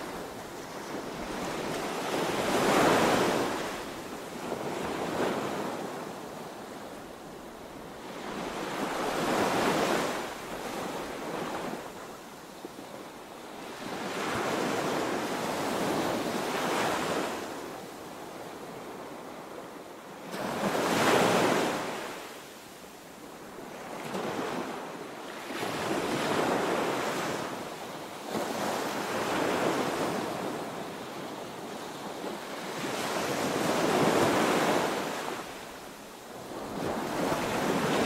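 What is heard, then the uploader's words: Ocean waves roll in and wash back in a steady rhythm, each surge swelling to a hissing crest every four to six seconds before easing into a softer wash. The surf sounds fairly close, with a constant low rumble and some wind underneath. Ocean Waves For Deep Sleep.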